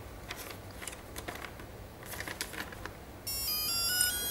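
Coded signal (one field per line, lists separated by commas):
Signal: beep code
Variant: brushless ESC motor tones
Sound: handling clicks, then a quick rising sequence of buzzy stepped tones, cut short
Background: handling noise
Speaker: yes it's got in the programming mode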